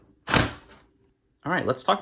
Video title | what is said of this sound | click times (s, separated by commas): Shark VacMop Pro Unboxing & First Impressions - Is It Worth It? | same with the arm here just clicks | 0.3 s